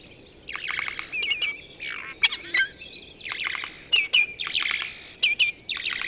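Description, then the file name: Eurasian jay calls: a rapid series of short, harsh, rasping bursts mixed with clear whistled notes and sharp clicks, with brief pauses between groups. "Garrulus glandarius"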